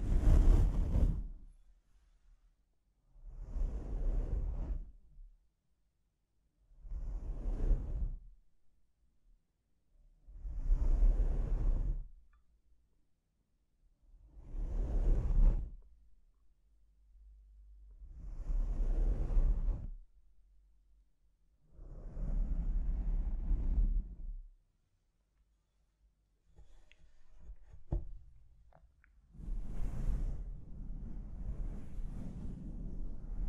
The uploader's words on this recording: ASMR Brain Melting Mic Scratching (No Talking).